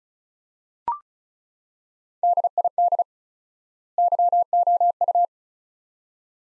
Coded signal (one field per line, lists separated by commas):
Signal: Morse code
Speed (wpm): 36 wpm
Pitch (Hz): 700 Hz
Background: none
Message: DID YOU